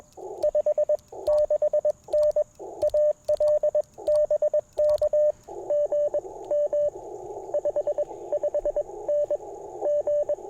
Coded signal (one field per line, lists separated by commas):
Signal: Morse code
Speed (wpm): 22 wpm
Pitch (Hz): 590 Hz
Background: radio noise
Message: 56N AL BK GM 55N G